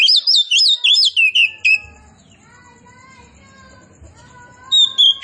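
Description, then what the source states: Oriental magpie-robin song with fast, high, twisting whistles for under two seconds, then a lull with softer notes, ending on fresh loud whistled phrases. Kacer poci form of the bird, described as gacor, singing vigorously and continuously.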